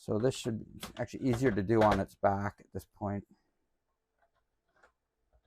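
Someone talks while handling a 3D-printed barbed part for a mini gear-driven trash bin, with the bin laid on its back so the part can be pressed onto the bin body until the barb locks. After the talking stops, only faint handling sounds remain, including a small tick at 4.8 s. Nothing has seated or clicked yet.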